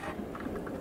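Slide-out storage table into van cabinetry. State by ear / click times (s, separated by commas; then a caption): not seated / none. A slide-out storage table in a camper van's cabinetry is being handled after its lid was lifted, with its latches or fittings being clicked back as the unit is pushed toward home. Low rumbling handling noise runs throughout, with two brief sharp sounds at about 0.4 s and 0.7 s. The clip ends before the unit locks into place, so nothing has seated yet.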